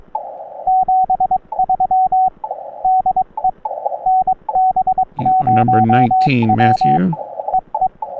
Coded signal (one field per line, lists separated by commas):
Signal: Morse code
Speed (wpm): 22 wpm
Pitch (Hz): 750 Hz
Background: speech, radio noise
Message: 73 DE NB0W EE